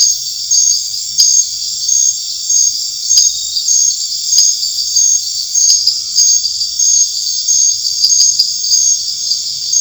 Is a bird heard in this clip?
no